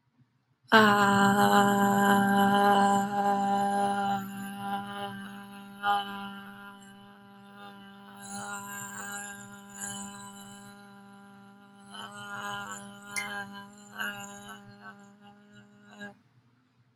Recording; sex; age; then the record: vowel held as long as possible; female; 20 to 29 years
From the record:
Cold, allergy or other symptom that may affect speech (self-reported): no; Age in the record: 26 years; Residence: Ohio, United States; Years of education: 20